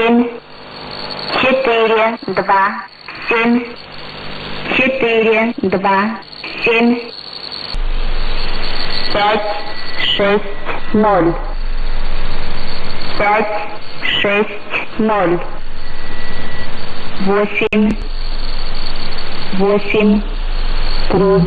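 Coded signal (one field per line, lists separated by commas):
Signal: numbers station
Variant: S06s, Russian female voice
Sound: female voice reading short, evenly spaced Russian number words over shortwave hiss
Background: radio static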